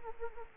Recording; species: mosquito wingbeat signal from an infrared sensor; Anopheles gambiae